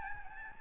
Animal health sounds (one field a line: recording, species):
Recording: mosquito wingbeat signal from an infrared sensor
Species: Aedes albopictus